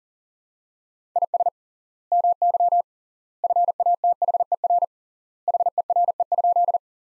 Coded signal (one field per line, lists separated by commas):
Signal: Morse code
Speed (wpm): 40 wpm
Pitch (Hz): 700 Hz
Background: none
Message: IS MY FATHER HERE?